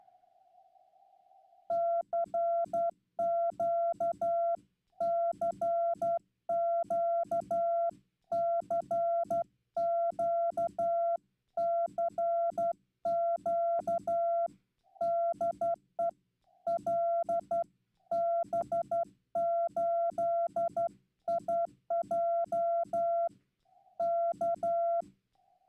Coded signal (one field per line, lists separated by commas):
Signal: Morse code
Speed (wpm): 12 wpm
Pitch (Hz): 680 Hz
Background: none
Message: CQ CQ CQ CQ DE LB8IJ K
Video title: Humiliating moment Live from Straight Key Night - Slow CW QSO